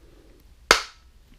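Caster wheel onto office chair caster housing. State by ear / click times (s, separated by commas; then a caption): seated / 0.7 s. A cleaned plastic caster wheel is pushed back by hand onto its axle and housing on an office chair caster. After a quiet stretch, it snaps on with one loud, sharp click at 0.7 s that decays quickly, and the wheel is seated.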